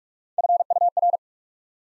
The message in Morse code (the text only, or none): FUR